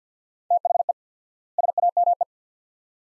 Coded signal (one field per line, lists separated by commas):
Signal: Morse code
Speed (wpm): 50 wpm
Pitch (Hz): 700 Hz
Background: none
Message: THE SAME